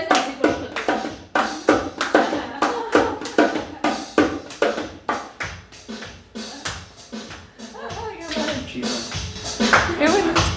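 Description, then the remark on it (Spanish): Hands clap out a steady rhythmic pattern matching what the bass drum plays, sharp repeated slaps at a quick even pace, with a few voices murmuring faintly toward the end. “Y lo que hace el bombo es lo que estábamos haciendo con las palmas.”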